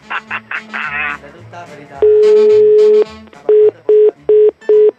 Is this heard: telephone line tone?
yes